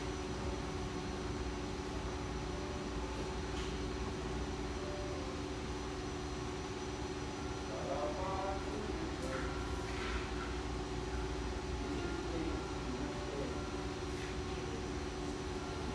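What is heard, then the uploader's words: Espresso café murmur sits under a steady low rumble and constant hum, with faint voices rising briefly around eight to thirteen seconds. Murmur of this bright, airy espresso joint in the North Beach neighborhood of one of America's best third-wave coffee cities.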